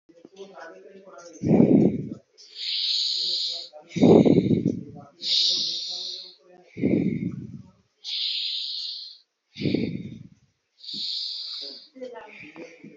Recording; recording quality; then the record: deep breathing; excellent, no background noise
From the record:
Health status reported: healthy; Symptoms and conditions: none ticked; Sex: male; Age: 21 years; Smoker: not ticked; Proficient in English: yes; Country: India